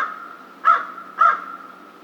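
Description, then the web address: American crow caws twice, two loud harsh notes about half a second apart. Recorded 2 March 2010. "Crow 2010 03 02 American Crow 03"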